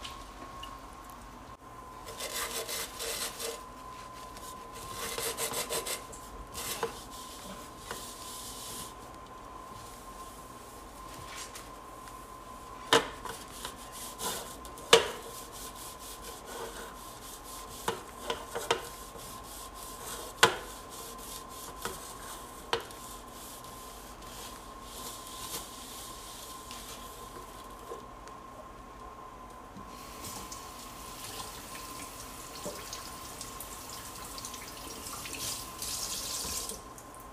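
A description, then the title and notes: A large bowl is washed and dried, with rubbing and scrubbing sounds throughout over a faint steady hum. Bursts of hissing, like running water, come near the start and again toward the end, while sharp knocks and clinks break in between about 13 and 23 seconds. ASMR Washing and Drying Large Bowl.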